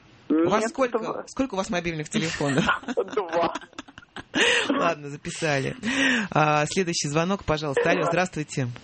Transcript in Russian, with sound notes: У вас сколько мобильных телефонов? Два. (все смеются) Ладно, записали. Следующий звонок, пожалуйста. Алло, здравствуйте.